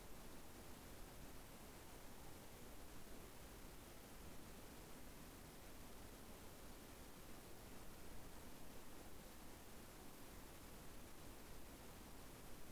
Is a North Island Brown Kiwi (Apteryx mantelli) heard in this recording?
no